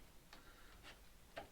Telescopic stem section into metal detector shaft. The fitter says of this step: yeah he clicks that last bit